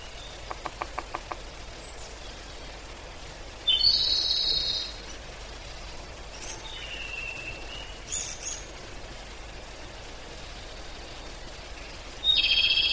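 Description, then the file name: Japanese pygmy woodpecker giving a few harsh, buzzy, squeaky calls, after a brief burst of rapid tapping early on. "kogera"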